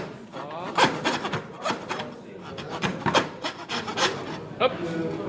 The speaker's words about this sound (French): Force pas sur ta lame de scie. C'est elle qui travaille, c'est pas toi. Toi, t'es là pour la guider.